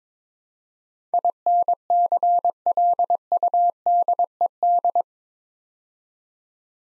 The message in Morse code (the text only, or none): INCLUDED